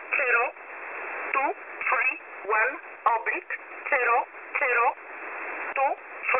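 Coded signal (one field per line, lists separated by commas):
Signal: numbers station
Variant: E11 Oblique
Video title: E11 Oblique 14/02/2023 1605 UTC 5432kHz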